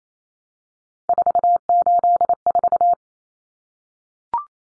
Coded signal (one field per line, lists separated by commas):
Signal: Morse code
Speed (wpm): 28 wpm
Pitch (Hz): 700 Hz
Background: none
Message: 484